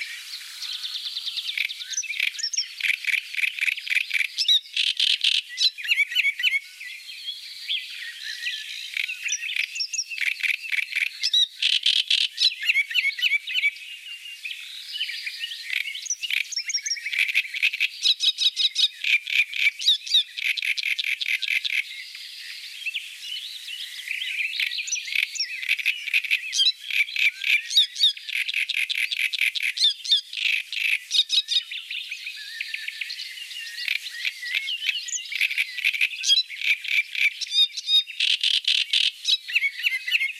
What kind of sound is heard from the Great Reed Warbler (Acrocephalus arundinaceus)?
song